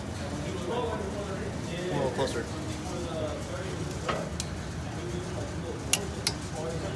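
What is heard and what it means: A click-type torque wrench set to about 20 ft-lb tightens a wheel lug nut on a Toyota Solara during a brake inspection while someone talks over steady background noise. Sharp clicks at 5.9 s and 6.3 s show the wrench reaching its setting, confirming the lug nut is torqued.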